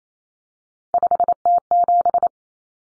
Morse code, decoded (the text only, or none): 5T7